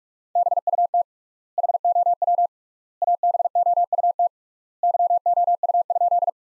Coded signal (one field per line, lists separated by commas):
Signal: Morse code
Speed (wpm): 46 wpm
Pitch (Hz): 700 Hz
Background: none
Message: BUT HOW ABOUT YOU?